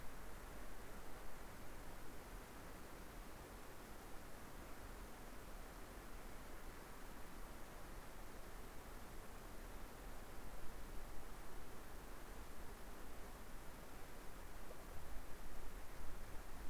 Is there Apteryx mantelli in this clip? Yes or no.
no